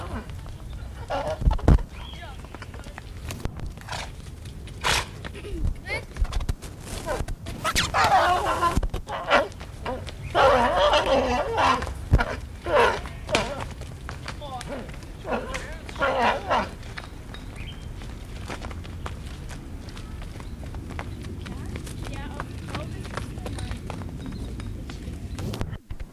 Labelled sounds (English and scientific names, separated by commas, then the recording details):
Onager (Equus hemionus)
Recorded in captivity
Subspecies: kulan
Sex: diverse
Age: adult
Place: Zoo Halle, Sachsen-Anhalt, DE
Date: 1978-07-12 13:12
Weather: sunny, 26°C
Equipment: Uher CR 210, Sennheiser MD 421, Kopie Uher 4200
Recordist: Tembrock, Günter
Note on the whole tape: Kulan (E. h. kulan). Stute: Abwehr gegen Hengst mit Auskeilen, zwei Hengste: Rufreihen (vorwiegend der alte Hengst). Abstand: 8-20 m